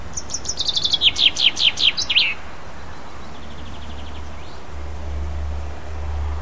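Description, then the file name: Common chaffinch song: a descending series of bright trilled notes ending in a flourish, about two seconds long, then quiet with low rumble. "pinson"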